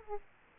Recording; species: mosquito wingbeat signal from an infrared sensor; Aedes aegypti